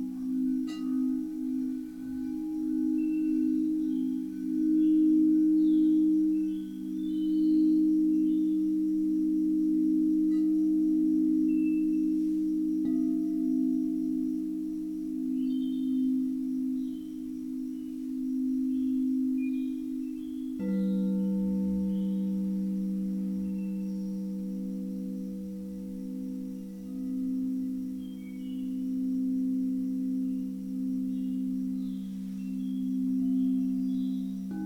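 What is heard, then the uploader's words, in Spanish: Singing bowls ring with a steady, low humming tone and layered overtones that slowly waver and pulse. Around twenty seconds a second bowl takes over, shifting the pitch slightly lower with a new higher ring above it. Faint bird chirps sound throughout. Un viaje entre cuencos y sus armonicos.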